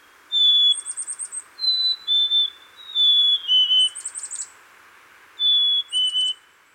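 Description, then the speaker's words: Black-capped chickadee whistling its falling two-note song, clear and pure, several times, mixed with high buzzy notes. Several birds singing the phoebe song, used to attract mates or advertise a territory edge; recorded on a spring day in Minnesota. "Here are some chickadees singing the phoebe song on a spring day in Minnesota."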